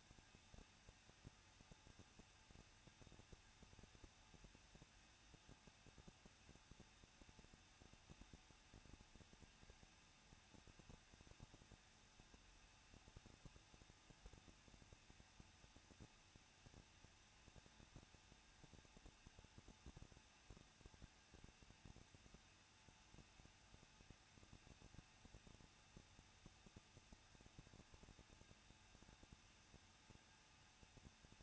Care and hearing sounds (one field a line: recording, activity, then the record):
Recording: daily activity, microphone in the room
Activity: no activity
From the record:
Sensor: 2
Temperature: 21.0 degrees Celsius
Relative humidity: 37.5%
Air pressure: 1006.2 hPa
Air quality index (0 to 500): 222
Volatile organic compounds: 24 ppm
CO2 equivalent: 2823 ppm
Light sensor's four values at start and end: 2/3/2/2 and 2/3/2/2